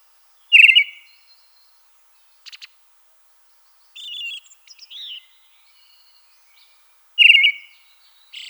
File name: Drozd krasnozobyj